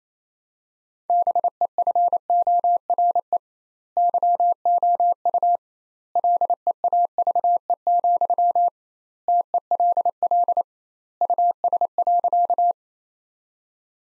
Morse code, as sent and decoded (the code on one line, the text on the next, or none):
-... . ..-. --- .-. . / -.-- --- ..- / .-.. . .- ...- . --..-- / - . .-.. .-.. / ..- ... .-.-.-
BEFORE YOU LEAVE, TELL US.